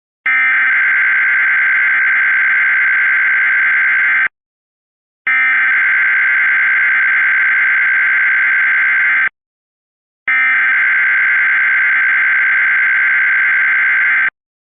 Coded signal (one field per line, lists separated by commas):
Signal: Emergency Alert System (SAME) tones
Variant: header bursts